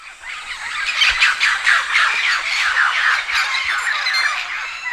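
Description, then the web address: Amaama group calling: loud, overlapping harsh squawks and chirps from numerous birds, forming a steady, noisy chorus across the whole short stretch. Birds gathering before going to roost (pre-roost assembly). "chants amaama predortoir"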